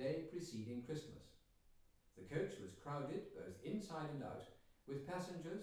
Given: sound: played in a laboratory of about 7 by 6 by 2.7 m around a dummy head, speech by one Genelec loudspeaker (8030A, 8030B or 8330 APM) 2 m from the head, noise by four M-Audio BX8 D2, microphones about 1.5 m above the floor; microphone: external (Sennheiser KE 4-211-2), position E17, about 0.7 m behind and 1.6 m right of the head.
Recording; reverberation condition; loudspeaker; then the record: male speech in English; medium; 30 degrees to the right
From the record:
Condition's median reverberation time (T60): about 510 ms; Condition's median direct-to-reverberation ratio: about -0.5 dB